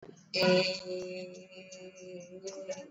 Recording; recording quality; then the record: sustained vowel as in made; excellent, no background noise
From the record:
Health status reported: exposed to COVID-19, no respiratory illness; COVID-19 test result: not tested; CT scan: not taken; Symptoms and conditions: none ticked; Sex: female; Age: 54 years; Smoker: no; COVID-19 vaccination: both doses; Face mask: not worn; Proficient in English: yes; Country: India